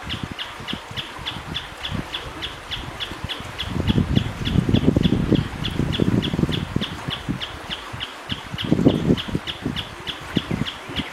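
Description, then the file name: Diamantina tapaculo song, a long steady series of short sharp notes repeated about four times a second, with low rumbling noise underneath. Recorded in Chapada Diamantina, Brazil. "Canto do tapaculo da chapada diamantina"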